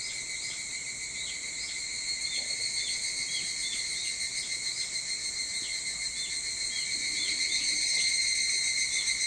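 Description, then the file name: Evening cicada song: a high, unbroken ringing drone with repeated short chirps, growing a little louder near the end. Recorded 22 July 2023 at 04:40. "higurashi 230722 0440"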